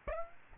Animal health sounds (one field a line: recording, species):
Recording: mosquito wingbeat signal from an infrared sensor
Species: Aedes albopictus